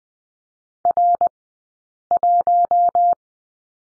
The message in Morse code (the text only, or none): R 1